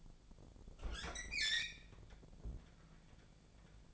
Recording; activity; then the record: daily activity, microphone in the room; open fridge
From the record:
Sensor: 5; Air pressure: 1000.2 hPa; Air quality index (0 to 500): 106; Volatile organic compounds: 1 ppm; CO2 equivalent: 854 ppm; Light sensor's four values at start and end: 215/514/218/237 and 215/512/217/237